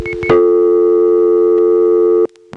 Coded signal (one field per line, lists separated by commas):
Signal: telephone call progress tone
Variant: North America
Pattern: dial tone